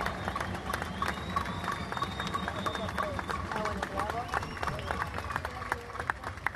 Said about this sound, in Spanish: Compañeros y compañeras, seguimos flojos con el aplauso, pero no importa, le vamos a dar tiempo.